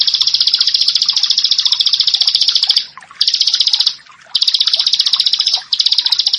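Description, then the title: Bar-winged prinia song, a dense, buzzy, high trill of rapid notes, broken by short pauses near three, four and five and a half seconds. "Ciblek Sawah"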